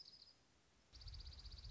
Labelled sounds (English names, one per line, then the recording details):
Dark-eyed Junco
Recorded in Sonoma County, California